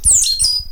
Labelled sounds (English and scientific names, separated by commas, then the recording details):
Stitchbird (Notiomystis cincta) song
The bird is a male
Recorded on Tiritiri Matangi Island, New Zealand, in 2005
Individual 12, of nest box 16